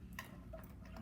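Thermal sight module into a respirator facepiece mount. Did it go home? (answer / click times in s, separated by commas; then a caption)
yes / 0.2 s. A plastic Scott Sight Pro thermal sight module is pushed forward into a respirator facepiece mount, and a sharp tick at 0.2 s, the loudest hit in the clip, marks it clicking in. Softer ticks and rustles follow as the module sits seated and locked.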